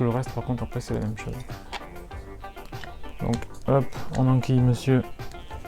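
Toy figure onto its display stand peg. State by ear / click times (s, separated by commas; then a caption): not seated / none. Someone talks over background music while handling a plastic Mattel Masters of the Universe Origins Orko action figure, moving it toward the peg of its display stand so it can clip on. A few faint handling knocks are heard, but the figure has not seated or clicked onto the peg yet.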